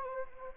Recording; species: mosquito wingbeat signal from an infrared sensor; Anopheles gambiae